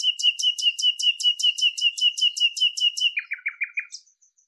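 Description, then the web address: Bird song of many rapid two-part notes repeated evenly, closing with a few lower, buzzy notes and a faint high chirp. "cianscape birddata Deverinetal 2025 Bird Lu Me Lu Me"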